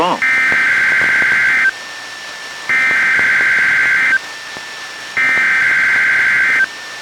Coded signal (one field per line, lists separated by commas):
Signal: Emergency Alert System (SAME) tones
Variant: header bursts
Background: speech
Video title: EAS #441-443: 3 NWR Required Weekly Tests- Dec. 2, 2020